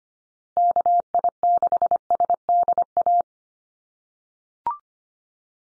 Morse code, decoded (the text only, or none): KI6SDA